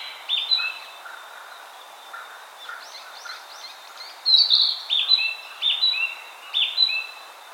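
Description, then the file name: Narcissus flycatcher song: a few whistled notes and faint trilled notes, then several louder clear whistled phrases in quick succession. "Ficedula narcissina"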